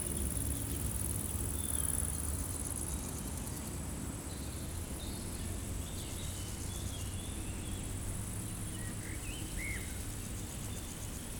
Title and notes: 348-862 Rue de Vars, 73310 Chindrieux, France - Prairie stridulante. Par une chaude journée , les insectes stridulent dans une prairie sèche